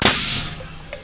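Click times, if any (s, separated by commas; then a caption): 0.1 s. A blast of air from a bead bazooka slams a rubber tire's bead onto its wheel rim with a loud, sharp bang at 0.05 s, followed by a fading rush of air and a smaller pop at about 0.9 s. The bead seats at 0.05 s and is mostly set.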